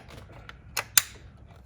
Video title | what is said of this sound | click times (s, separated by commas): SHELBY GT350 MODS... ARE THESE NON-NEGOTIABLE?? | there's the click | 1.0 s